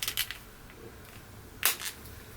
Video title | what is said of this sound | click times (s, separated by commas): Keep Your Spy Discord Sunglasses looking New with Replacement Sunglass Lenses - Seek Optics | you should hear a popping sound like | 1.7 s